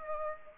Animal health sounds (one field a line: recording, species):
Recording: mosquito wingbeat signal from an infrared sensor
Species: Aedes aegypti